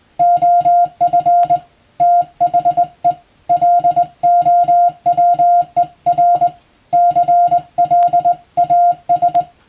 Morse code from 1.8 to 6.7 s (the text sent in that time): THE LOWER